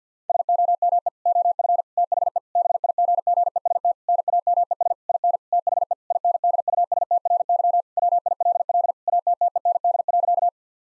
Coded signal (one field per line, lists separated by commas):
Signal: Morse code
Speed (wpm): 50 wpm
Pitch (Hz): 700 Hz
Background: none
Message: SOME OF THE BIGGEST NAMES IN THE INDUSTRY WILL ATTEND.